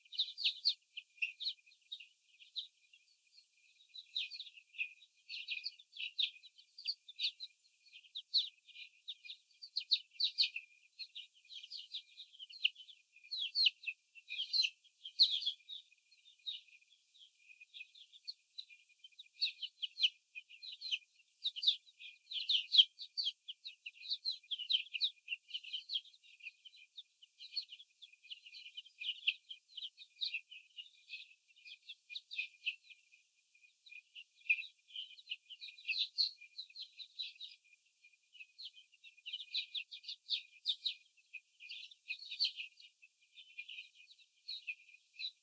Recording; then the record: young laying hens in a cage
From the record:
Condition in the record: after the stressor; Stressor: sudden umbrella opening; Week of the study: 3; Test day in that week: 2